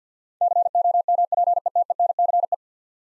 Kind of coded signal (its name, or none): Morse code